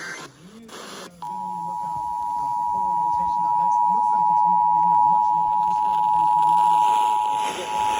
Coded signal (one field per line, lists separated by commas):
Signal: Emergency Alert System (SAME) tones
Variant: 853 and 960 Hz attention tone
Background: speech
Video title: EAS #519 Tornado Warning on FM